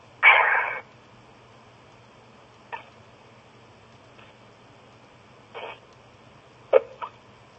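An adult woman hiccups repeatedly during a phone call. The short hiccup bursts are spread irregularly and vary in loudness, and the sound is narrowband and telephone-like.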